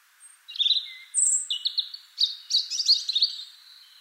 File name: Erithacus rubecula